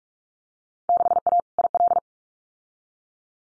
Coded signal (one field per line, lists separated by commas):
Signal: Morse code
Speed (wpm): 44 wpm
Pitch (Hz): 700 Hz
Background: none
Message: 6A IL